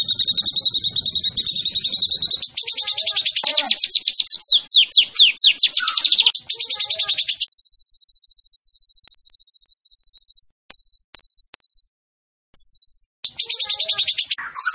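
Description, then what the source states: White-rumped shama song: harmonic whistled notes, rapid descending high sweeps, then a long buzzy high trill broken by abrupt stops, ending in varied chattering phrases. Song-training track of a champion white-rumped shama.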